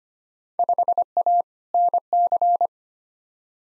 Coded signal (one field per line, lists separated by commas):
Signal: Morse code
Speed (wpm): 25 wpm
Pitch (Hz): 700 Hz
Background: none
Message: 5A NC